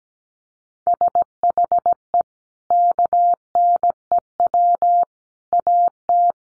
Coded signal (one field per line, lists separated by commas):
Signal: Morse code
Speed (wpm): 17 wpm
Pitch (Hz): 700 Hz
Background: none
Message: SHE KNEW AT